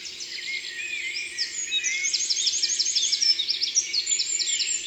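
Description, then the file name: Eurasian wren song, a hurried cascade of shrill repeated notes and trills. Drôme, France. "Troglodyte mignon Concerts Naturels de la Drome Studio les Trois Becs"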